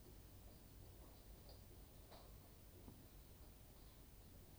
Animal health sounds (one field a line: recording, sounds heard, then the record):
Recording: poultry house recording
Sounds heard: no chicken sound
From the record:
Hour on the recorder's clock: 21